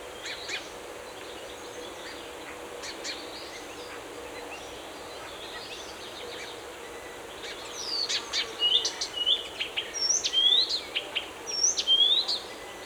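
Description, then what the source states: Birdsong: high thin chirps and whistled notes, quiet at first, then a busy run of sweeping whistles, over a steady hiss. Forest.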